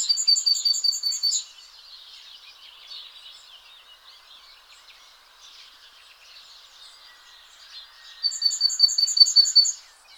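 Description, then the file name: Great tit: a quick run of bright, high repeated notes at the start and another near the end, separated by quieter stretches with faint bird chatter. "Parus major"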